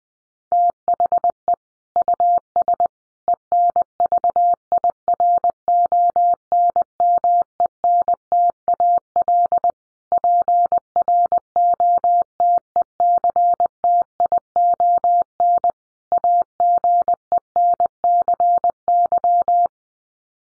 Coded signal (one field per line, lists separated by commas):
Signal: Morse code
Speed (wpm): 19 wpm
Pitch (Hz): 700 Hz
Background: none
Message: THE US ENVIRONMENTAL PROTECTION AGENCY